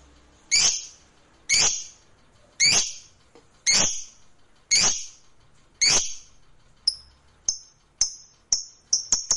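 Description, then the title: Lovebird uttering loud harsh chirps about once a second, shifting to thinner high ticks that speed up toward the end. Fighter-type lovebird; title names ngekek panjang (long ngekek). "Begitu Dengar Suara Lovebird FIGHTER NGEKEK PANJANG"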